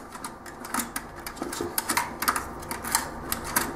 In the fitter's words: until they pop, like that.